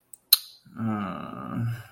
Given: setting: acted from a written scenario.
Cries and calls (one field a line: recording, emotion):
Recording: vocal sound without words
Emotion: guilt